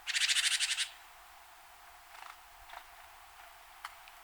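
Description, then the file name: Great tit giving one scolding churr, a quick rattle of about ten buzzy pulses, followed by faint scattered clicks and ticks. "Parus major"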